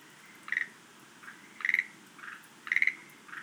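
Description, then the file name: Schlegel's green tree frog giving three pulsed, clicking rattles about a second apart, each trailed by a softer muffled note. "rodolphe alexis - rhacophorus schlegelii"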